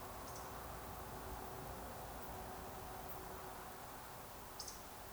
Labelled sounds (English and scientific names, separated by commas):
Eurasian Woodcock (Scolopax rusticola) whistle